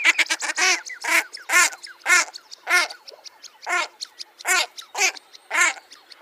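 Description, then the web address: Common shelduck uttering loud, nasal honks roughly every half second, with fainter overlapping calls between them. "Schulze Peter Common Shelduck"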